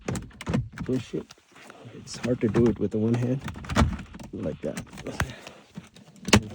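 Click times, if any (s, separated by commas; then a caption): 6.3 s. Someone talks while pushing down the remaining side of a plastic shifter console trim panel one-handed into the center console of a Honda Ridgeline during a gear display light bulb replacement. Its clip snaps into place with a sharp click at 6.3 s, and the panel is seated.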